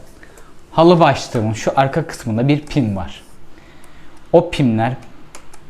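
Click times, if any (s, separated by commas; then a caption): 5.4 s. Someone talks while a carpet brush head is pushed onto the telescopic wand of a new İhlas Aura Stilvac water-filter electric vacuum cleaner, lining its rear pin up with the slot. A sharp click is heard at 5.4 s as the head snaps into place and seats on the wand.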